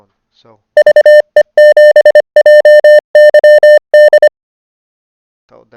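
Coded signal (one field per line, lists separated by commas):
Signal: Morse code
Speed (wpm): 26 wpm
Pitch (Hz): 600 Hz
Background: speech, music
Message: VE7JYD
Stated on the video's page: Morse code learning tool.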